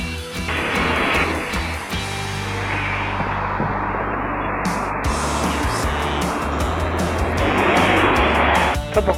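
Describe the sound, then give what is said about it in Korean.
The engine of a route 40-1 bus, ridden to school, drones steadily and loudly throughout, its low rumbling tones shifting pitch now and then, with a brief airy hiss partway through and no talking. “나는 항상 같은 버스 40-1을 타고 간다.”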